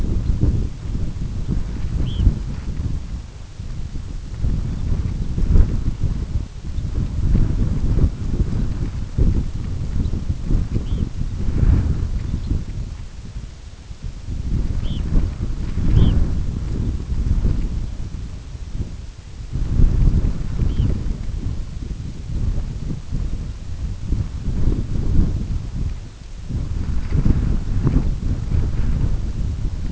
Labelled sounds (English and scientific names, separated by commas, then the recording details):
Red Phalarope (Phalaropus fulicarius), unidentified sound
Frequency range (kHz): Red Phalarope (Phalaropus fulicarius) 2.0-4.7 kHz
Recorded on Arctic tundra, site UTQI-5, on 25 June 2018
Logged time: 18:00